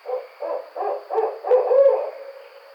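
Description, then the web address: Barred owl hooting in a quick series of five or six low, throaty hoots, the last ones drawn out and sliding, with a faint steady hiss behind. Recorded on 5 June 2009. "Barred Owl 2009 06 05"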